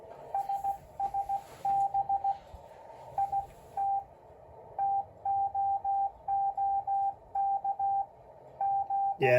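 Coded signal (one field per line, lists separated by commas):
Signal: Morse code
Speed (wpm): 16 wpm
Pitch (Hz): 790 Hz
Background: speech, radio noise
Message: SSB IT TOOK G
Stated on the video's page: Kenwood TS-520S modified to use both wide and narrow CW filters.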